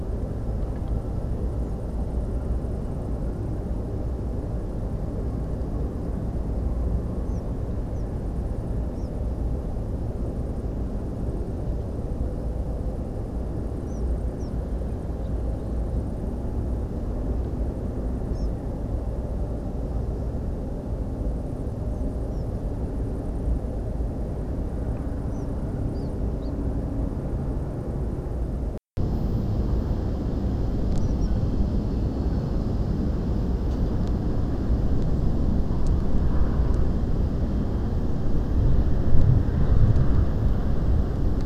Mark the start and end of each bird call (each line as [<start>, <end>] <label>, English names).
[1.61, 1.72] European Pied Flycatcher
[7.26, 7.40] European Pied Flycatcher
[7.93, 8.03] European Pied Flycatcher
[8.94, 9.08] European Pied Flycatcher
[13.87, 14.01] European Pied Flycatcher
[14.39, 14.49] European Pied Flycatcher
[15.23, 15.28] unidentified bird
[18.33, 18.47] European Pied Flycatcher
[21.92, 22.03] European Pied Flycatcher
[22.32, 22.43] European Pied Flycatcher
[25.31, 25.45] European Pied Flycatcher
[25.95, 26.09] European Pied Flycatcher
[26.41, 26.50] European Pied Flycatcher
[31.00, 31.27] Tree Pipit